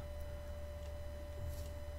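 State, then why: Not seated. A rotary burr is pushed at the collet of a Pro Power 35K nail drill handpiece but does not go in, because the collar must first be twisted the other way. Only a steady hum with a constant tone near 600 Hz is heard, with a few faint, brief high scrapes around 0.2, 0.9 and 1.6 seconds. Nothing has seated or clicked yet.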